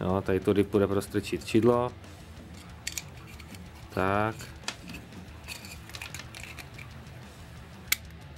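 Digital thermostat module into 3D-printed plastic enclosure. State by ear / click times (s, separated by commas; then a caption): seated / 7.9 s. A small digital thermostat board for a smoker is pressed into a 3D-printed plastic enclosure while someone talks, with light handling taps and rustles. A sharp click at 7.9 s marks the board snapping into place, seated in the box.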